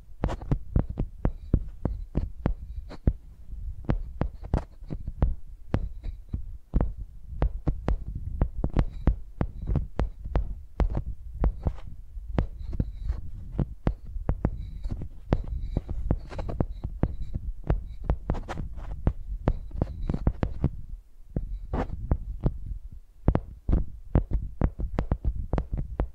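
Microphones tapped like pencils make a steady stream of dull, bass-heavy thumps, several per second, pausing briefly around twenty-one seconds.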